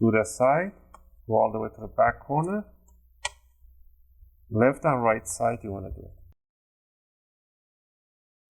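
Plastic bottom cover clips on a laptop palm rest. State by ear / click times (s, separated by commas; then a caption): released / 2.9 s, 3.2 s. A metal guitar pick is wedged between the palm rest and the plastic bottom cover of an Acer Aspire 5 A514-54-356A laptop and wiggled along the edges to open it for a RAM upgrade. Someone talks while clicks are heard at 2.9 s and 3.3 s as the bottom cover clips pop loose.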